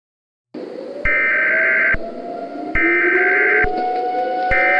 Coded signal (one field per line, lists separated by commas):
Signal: Emergency Alert System (SAME) tones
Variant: header bursts